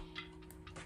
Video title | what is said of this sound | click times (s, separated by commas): Sweet Sixteen Vlog / Grwm etc.. - Sieanna Tv | hey I heard the click okay that's good this one | 0.5 s